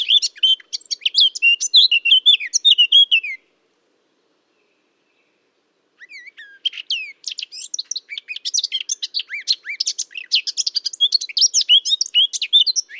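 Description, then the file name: Eurasian blackcap delivering a busy twittering warble for about three seconds, silent for nearly three, then a long, dense run of quick scratchy chattering notes. "Sylvia atricapilla"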